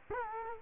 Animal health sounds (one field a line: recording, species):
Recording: mosquito wingbeat signal from an infrared sensor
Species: Culex quinquefasciatus